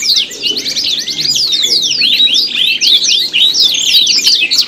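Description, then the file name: Canary song, a steady torrent of quick, sweeping whistles and chips, high-pitched and continuous throughout. Simulated canary singing contest with isian (tutor fill-in songs), shared by Om Kicau. "audio-simulasi-lomba-kenari-isian 3-omkicau"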